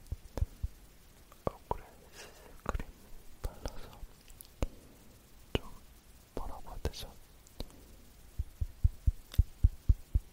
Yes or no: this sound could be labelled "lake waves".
no